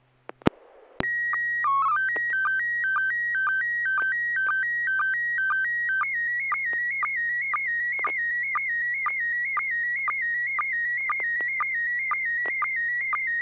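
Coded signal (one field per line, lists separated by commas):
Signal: SSTV (slow-scan television)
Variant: PD 120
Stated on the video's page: SSTV net on a 441.300 MHz FM repeater in Sacramento, using MMSSTV software.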